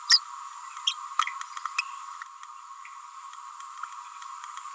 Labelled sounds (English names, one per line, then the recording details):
Green-rumped Parrotlet babbling
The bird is a female
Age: 29 days
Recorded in a nest box in Venezuela
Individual 17B31A3